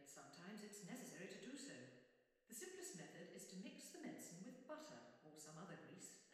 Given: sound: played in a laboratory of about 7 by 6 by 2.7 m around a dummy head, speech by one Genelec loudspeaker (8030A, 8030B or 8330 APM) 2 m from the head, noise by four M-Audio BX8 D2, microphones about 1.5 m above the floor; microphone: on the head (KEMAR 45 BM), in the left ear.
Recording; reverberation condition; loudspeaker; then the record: female speech in English; high; 150 degrees to the left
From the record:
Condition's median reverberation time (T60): about 1300 ms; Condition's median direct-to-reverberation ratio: about -4.0 dB